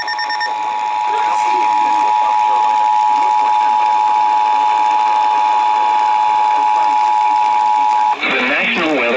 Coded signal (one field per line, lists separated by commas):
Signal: Emergency Alert System (SAME) tones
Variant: 853 and 960 Hz attention tone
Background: speech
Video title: MOUNTAIN VIEW... EAS Alerts from 5/3/22 (EAS #6,789 - 6,800)